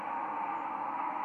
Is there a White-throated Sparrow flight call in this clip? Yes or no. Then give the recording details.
yes. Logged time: 04:26 on 10 November 2014